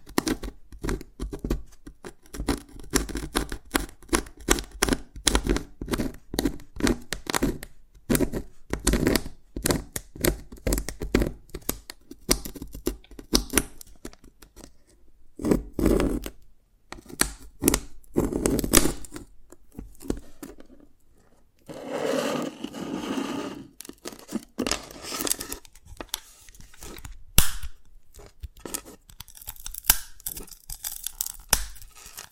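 Dalgona candy is tapped and cracked in dense runs of sharp, bright clicks and snaps, fast and uneven through most of the clip. Brief lulls come near 16, 21 and 25 seconds, and a few louder cracks stand out around 18 and 27 seconds.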